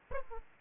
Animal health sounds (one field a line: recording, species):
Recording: mosquito wingbeat signal from an infrared sensor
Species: Aedes aegypti